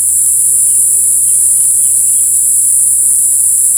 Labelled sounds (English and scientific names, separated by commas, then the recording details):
none
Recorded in forest near Pivijay, Magdalena, Colombia, on 5 June 2023 at 10:30
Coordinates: 10.467, -74.380
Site Z5-G034